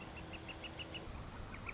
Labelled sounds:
Northern Flicker (Colaptes auratus)
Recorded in Sonoma County, California

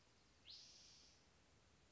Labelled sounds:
Spotted Towhee (Pipilo maculatus)
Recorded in Sonoma County, California

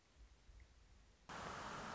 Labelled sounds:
Nuttall's Woodpecker (Dryobates nuttallii)
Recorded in Sonoma County, California

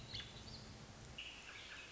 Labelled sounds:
American Robin (Turdus migratorius)
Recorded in Sonoma County, California

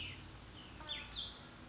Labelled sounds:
Cassin's Vireo (Vireo cassinii)
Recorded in Sonoma County, California

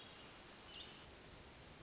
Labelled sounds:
Hermit Thrush (Catharus guttatus)
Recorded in Sonoma County, California

